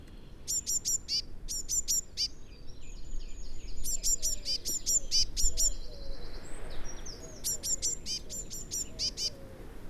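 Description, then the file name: Eurasian blue tit calling in repeated bursts of thin, high, clipped notes, with a low rumble of background noise beneath. "Cyanistes caeruleus"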